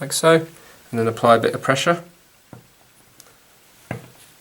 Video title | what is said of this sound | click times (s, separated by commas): HOW TO change a WATCH BATTERY in various SNAP ON & SCREW BACK WATCHES | and you will just feel it and hear it click into place | 3.9 s